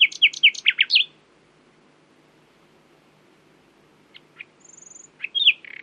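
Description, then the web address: Common nightingale song: a quick burst of sharp varied notes, a long silence, then scattered soft notes and a short rattling phrase. "owen Common Nightingale (Luscinia megarhynchos)"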